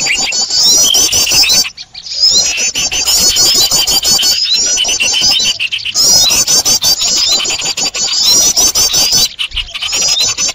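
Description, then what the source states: Birds: crowded bird chatter of high, repeated chirps and trills runs throughout, with clicking pulses and a few brief dips in the din. Noisy bird chorus used as a lure to attract birds.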